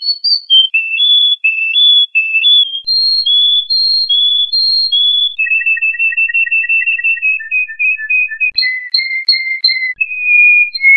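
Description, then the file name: Canary singing: held pure whistles alternating between two pitches, then a long, fast pulsed trill, followed by further high whistled phrases. "kenari"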